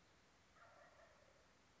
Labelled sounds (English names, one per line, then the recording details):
Wild Turkey
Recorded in Sonoma County, California